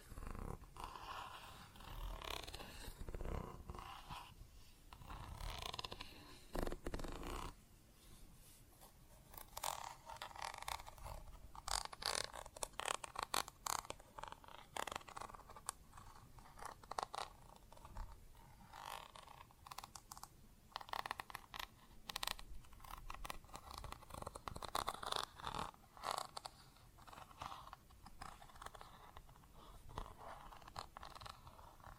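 Plastic objects tap and scratch in dense, irregular bursts of sharp clicks and rustling, nearly continuous, with brief quieter gaps around eight and twenty seconds.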